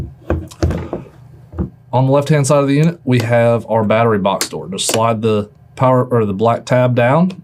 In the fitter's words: click the door to shut it